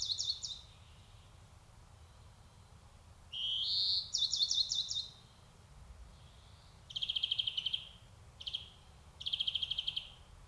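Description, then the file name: European greenfinch song with a rising wheeze, then twittering bursts and rapid buzzy trills in short repeated phrases. "Chloris chloris"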